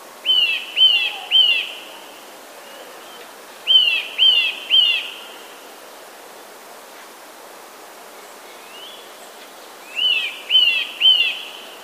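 Eurasian nuthatch calling in quick triplets of loud, clear whistled notes, the triplets coming several seconds apart over faint steady background hiss.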